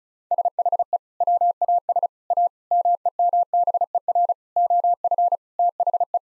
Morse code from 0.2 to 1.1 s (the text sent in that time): SHE